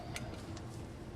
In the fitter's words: and you're going to want to make sure it clicks in